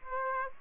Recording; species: mosquito wingbeat signal from an infrared sensor; Aedes aegypti